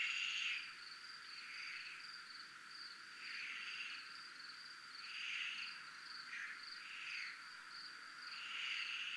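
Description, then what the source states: Crickets give a steady high trill, with rough swells of chorus rising and falling repeatedly. Crickets recorded in a military zone.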